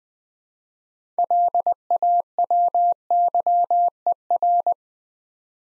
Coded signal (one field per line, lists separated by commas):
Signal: Morse code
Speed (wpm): 20 wpm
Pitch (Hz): 700 Hz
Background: none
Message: LAWYER